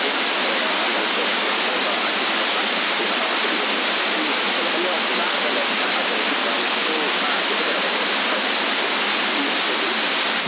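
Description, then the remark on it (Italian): Water pours steadily over an aquarium overflow with a drop of about 20–30 cm and no turbine impeller, a dense, even splashing hiss that keeps a constant loudness without pause for about ten seconds. “Sì, quello è il sistema come c'è a Lubagno, che vanno eliminata turbina girante, sfioro d'acqua praticamente 20-30 cm, però fate un bel di schiuma bianco, fa perché aumenta un po' l'ammoniaca, capito, un casino.”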